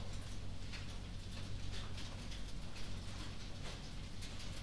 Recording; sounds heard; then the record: poultry house recording; no chicken sound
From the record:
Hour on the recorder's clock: 1